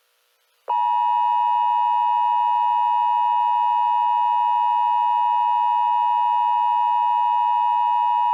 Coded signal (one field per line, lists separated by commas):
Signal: Emergency Alert System (SAME) tones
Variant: 853 and 960 Hz attention tone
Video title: EAS - The Alphabet (TEASER)